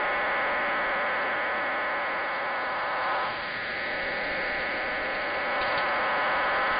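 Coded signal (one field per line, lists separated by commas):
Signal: numbers station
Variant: HM01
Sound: continuous buzzing, warbling data tones throughout, no voice heard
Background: radio static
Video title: 27 12 2021 Cuban Spy Number HM01 in Spanish 0628 on 10345 Bejucal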